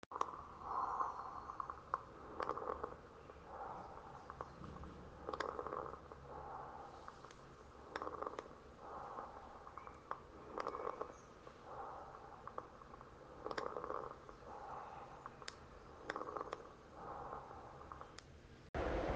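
Chest by stethoscope. Fine crackles (crepitant rales) at the end of inspiration, in gravity-dependent zones and unchanged by coughing, from sequential opening of airways closed by fluid or exudate in the lung parenchyma, as in pneumonia and the pulmonary congestion of left ventricular failure.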